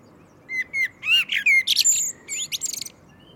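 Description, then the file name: Common blackbird singing a mellow whistled opening that breaks into a fast, squeaky, high-pitched twitter ending with quick repeated chips. "Turdus merula"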